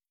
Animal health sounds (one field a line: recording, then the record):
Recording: hydrophone in a shrimp aquaculture tank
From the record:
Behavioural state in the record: starved